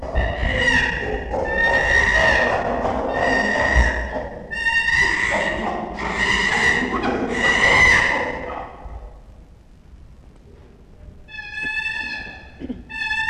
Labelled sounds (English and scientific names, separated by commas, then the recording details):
Chimpanzee (Pan troglodytes)
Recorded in captivity
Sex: diverse
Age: adult
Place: Tierpark Berlin, Berlin, DE
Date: 1966-04-01
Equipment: Grundig TK 1 Luxus
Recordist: unbekannt, keine Angabe
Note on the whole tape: Pako: Laute; Schreien der großen Schimpansen; Simone: Hecheln; Lippenlaute von Susi (Aufnahme April 1966)